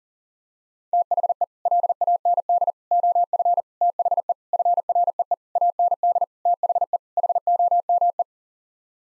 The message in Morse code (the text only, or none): THE LAND OF THE FREE AND THE HOME